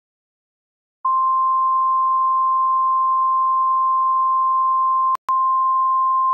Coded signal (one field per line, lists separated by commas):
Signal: Emergency Alert System (SAME) tones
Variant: 1050 Hz attention tone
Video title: EAS Severe Thunderstorm Warning (Licking, OH County)